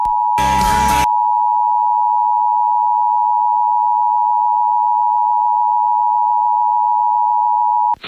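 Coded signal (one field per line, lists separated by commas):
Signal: Emergency Alert System (SAME) tones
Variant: 853 and 960 Hz attention tone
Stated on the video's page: Real EAS alerts, mostly severe thunderstorm warnings.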